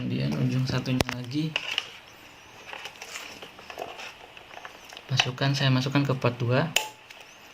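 Someone talks while a network cable plug is pushed into a computer port, with a few soft handling taps along the way. A single small click at 7.1 s marks the plug seating in the port, after which the link is pointed to.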